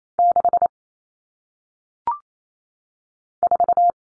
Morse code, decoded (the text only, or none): 6 4